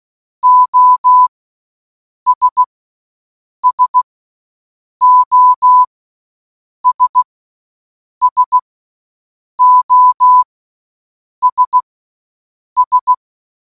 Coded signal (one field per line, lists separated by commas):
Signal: Morse code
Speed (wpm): 16 wpm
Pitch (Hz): 1000 Hz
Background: none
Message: OS SOS SOS S